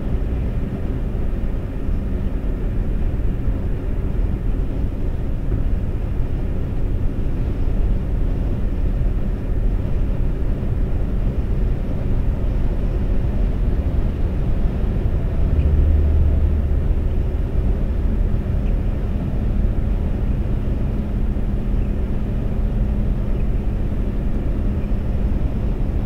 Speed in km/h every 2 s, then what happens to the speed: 130, 130, 130, 130, 130, 130, 130, 129, 129, 129, 129, 130, 130.
0-26 steady at about 130.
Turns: none.